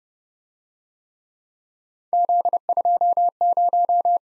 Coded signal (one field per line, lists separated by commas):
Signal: Morse code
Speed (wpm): 28 wpm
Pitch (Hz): 700 Hz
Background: none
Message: Z20